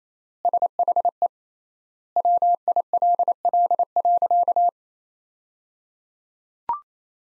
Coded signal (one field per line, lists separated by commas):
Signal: Morse code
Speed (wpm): 28 wpm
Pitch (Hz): 700 Hz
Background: none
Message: SHE WILL.